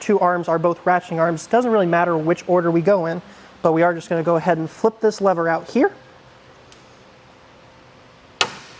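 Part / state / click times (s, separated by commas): ratcheting hold-down arm lever on a hitch platform bike rack / released / 8.4 s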